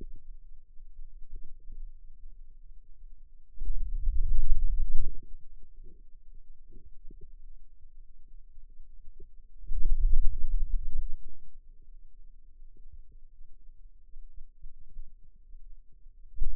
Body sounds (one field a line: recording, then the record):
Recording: forearm muscle sounds (acoustic myography)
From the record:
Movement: hand opening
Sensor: system 2, bracelet of six BSWA MPA416 microphones around the upper forearm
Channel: 5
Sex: male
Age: 22 years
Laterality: right